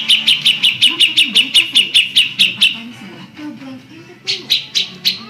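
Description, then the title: Magpie-robin singing a fast, even series of sharp ticking notes, then a brief lull before a few more chips resume. "Kicau Kacer"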